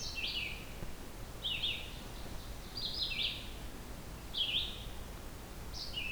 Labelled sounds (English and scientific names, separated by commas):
Red-eyed Vireo (Vireo olivaceus) song